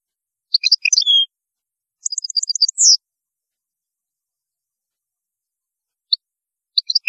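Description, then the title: European goldfinch song with tinkling chirps, a fast run of repeated high notes ending in a sweeping whistle, then sparse twitters after a quiet stretch. "Chant Chardonneret"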